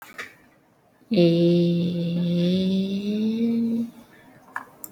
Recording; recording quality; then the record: sustained vowel as in made; excellent, no background noise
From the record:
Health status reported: respiratory illness, not identified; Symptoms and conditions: cough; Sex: female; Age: 41 years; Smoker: not ticked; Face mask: worn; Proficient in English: yes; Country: India